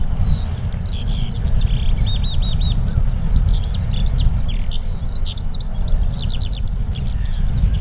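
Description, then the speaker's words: Skylark song, a continuous stream of high warbled and trilled notes above heavy low rumbling noise. Heard in the background on North Bull Island, Ireland, in spring. "And I hear the beautiful skylark now in the background again."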